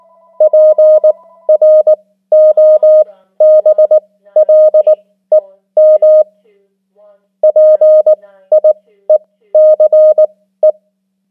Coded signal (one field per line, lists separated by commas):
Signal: Morse code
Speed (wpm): 19 wpm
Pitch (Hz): 620 Hz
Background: none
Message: PROBLEM PIECE